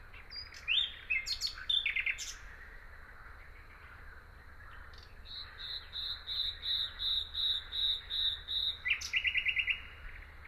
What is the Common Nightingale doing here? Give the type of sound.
song